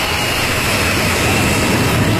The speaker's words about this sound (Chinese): 国产大飞机一飞冲天